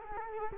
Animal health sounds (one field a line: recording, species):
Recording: mosquito wingbeat signal from an infrared sensor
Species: Culex quinquefasciatus